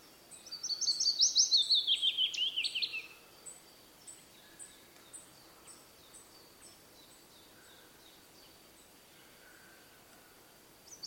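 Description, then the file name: Willow warbler gives one melodious descending phrase, then only faint ticking notes in quiet surroundings until a short note at the very end. "piecuszek Phylloscopus trochilus"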